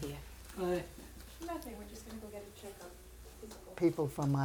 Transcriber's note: people talking in background